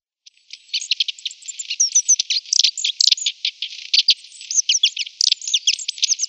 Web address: Schulze Peter Long-tailed Tit song